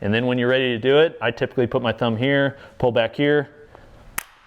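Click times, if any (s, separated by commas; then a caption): 4.2 s. Someone talks while putting a thumb on an Eleiko Öppen barbell collar and pulling its lever back. At 4.2 s the lever snaps open with a sharp, bright click, releasing the collar from the barbell sleeve.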